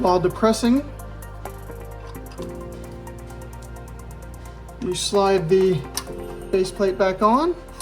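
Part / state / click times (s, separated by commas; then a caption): magazine base plate onto magazine body / not seated / none. A magazine base plate is slid back onto the magazine body while the follower and spring are held down, with someone talking over steady background music and a few faint handling ticks. The clip ends before the base plate goes home, so nothing has seated or clicked yet.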